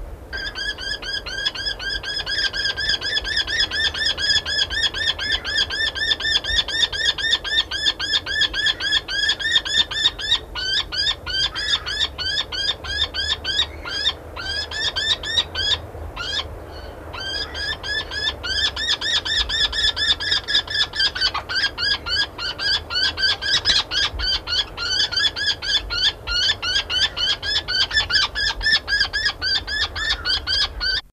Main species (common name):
Common Kestrel